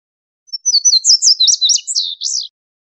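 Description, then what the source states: Indigo bunting song: about two seconds of high, bright notes given in doubled pairs, each pair slurring down in pitch. Recorded 22 July 2001.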